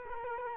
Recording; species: mosquito wingbeat signal from an infrared sensor; Culex quinquefasciatus